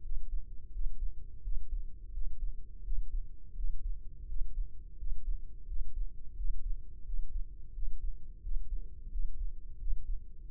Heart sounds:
heart sounds by microphone in the left ear; 86 bpm
0.05 s: heartbeat
0.74 s: heartbeat
1.45 s: heartbeat
2.14 s: heartbeat
2.85 s: heartbeat
3.57 s: heartbeat
4.29 s: heartbeat
5.00 s: heartbeat
5.69 s: heartbeat
6.38 s: heartbeat
7.07 s: heartbeat
7.75 s: heartbeat
8.44 s: heartbeat
9.12 s: heartbeat
9.80 s: heartbeat
10.49 s: heartbeat
From the record:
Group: healthy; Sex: male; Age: 21 years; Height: 175 cm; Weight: 72.6 kg

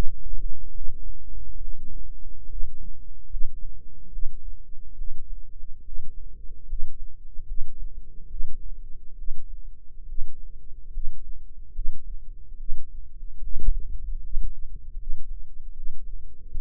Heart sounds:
heart sounds by microphone in the left ear; 72 bpm
0.71 s: heartbeat
1.57 s: heartbeat
2.46 s: heartbeat
3.27 s: heartbeat
4.09 s: heartbeat
4.94 s: heartbeat
5.82 s: heartbeat
6.65 s: heartbeat
7.44 s: heartbeat
8.27 s: heartbeat
9.14 s: heartbeat
10.04 s: heartbeat
10.89 s: heartbeat
11.71 s: heartbeat
12.56 s: heartbeat
13.39 s: heartbeat
14.20 s: heartbeat
14.95 s: heartbeat
15.72 s: heartbeat
16.49 s: heartbeat
From the record:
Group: healthy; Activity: rest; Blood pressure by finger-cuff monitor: 118/69 mmHg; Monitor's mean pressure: 82 mmHg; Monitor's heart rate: 73 bpm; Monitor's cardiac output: 6.4 L/min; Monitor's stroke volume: 88 mL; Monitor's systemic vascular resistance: 930 dyn s/cm5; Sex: female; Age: 22 years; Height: 171 cm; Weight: 65.6 kg

